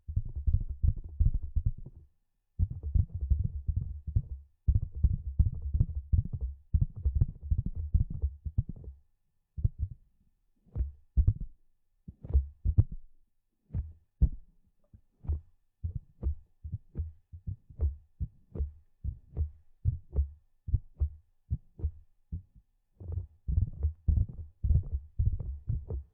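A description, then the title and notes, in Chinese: Ear cleaning without any voice: low, muffled rubbing and scratching fills the first nine seconds in dense bursts with short gaps. After that the sound turns into separate short scrapes and taps, several each second, with brief pauses and a denser patch near the end. 无人声采耳助眠。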